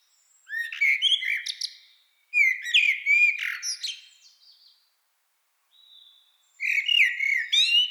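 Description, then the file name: Eurasian blackbird delivering three fluty warbled song phrases with squeaky high notes, and a soft thin note before the last. "Turdus merula"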